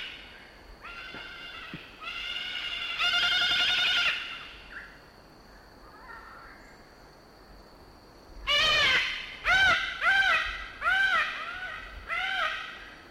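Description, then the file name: Salmon-crested cockatoo giving harsh screeches of varying length, then a rapid series of loud arching raucous calls about once a second. "Cacatuamoluccensis"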